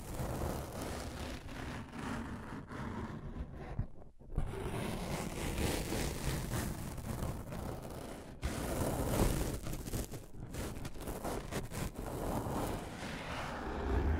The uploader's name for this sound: Scratching & Tracing